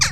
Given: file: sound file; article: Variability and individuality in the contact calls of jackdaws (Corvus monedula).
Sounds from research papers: jackdaw call; harmonic

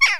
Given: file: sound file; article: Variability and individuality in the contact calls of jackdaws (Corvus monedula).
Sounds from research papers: jackdaw call; harmonic

